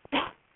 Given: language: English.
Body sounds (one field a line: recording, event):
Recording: throat vibration sensor signal played as sound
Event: cough